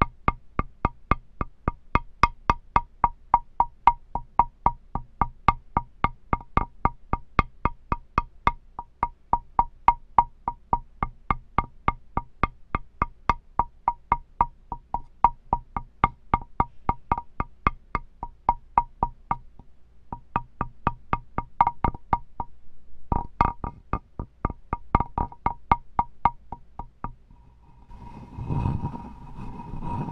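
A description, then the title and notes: Quick, steady tapping on wood with a clear resonant knock, pausing briefly near twenty seconds, then giving way to soft rubbing at the end. Wood ASMR soothing tapping and rubbing triggers. A variety of tapping, rubbing, and more.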